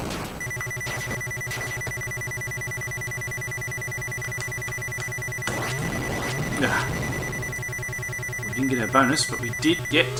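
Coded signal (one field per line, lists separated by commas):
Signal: none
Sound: video game sound effects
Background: speech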